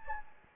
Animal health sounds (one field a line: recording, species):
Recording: mosquito wingbeat signal from an infrared sensor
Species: Anopheles gambiae